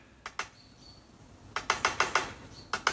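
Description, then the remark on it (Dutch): A great spotted woodpecker on Vlieland, recorded by De Telegraaf, hammering on great tit nest boxes: two sharp knocks, a quick run of about six hollow strikes, then two more, with a faint thin high whistle in the background. “En nu horen wij weer die specht die zo aan het roffelen is daar op Vlieland.”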